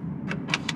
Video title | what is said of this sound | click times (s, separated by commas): Living With A Nissan Leaf - The Cheapest EV You Can Buy! | it'll unlock the charge you'll hear that and unlock the charging cable if i plug it back in | 0.5 s